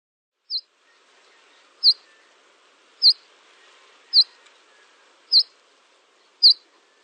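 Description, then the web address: Canary calls: six sharp high notes in a slow, fairly even series. "honarfardi Canary Sound"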